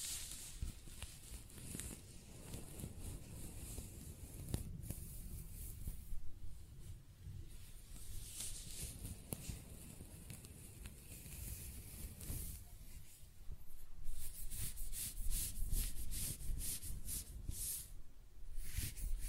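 Close-up hair sounds: scratching, brushing and stroking with a steady low rumble underneath and dense, crackly rustling throughout. After about 13 seconds the strokes get louder and brighter, coming as quick, regular bristly swipes, with a few sharp ticks scattered earlier.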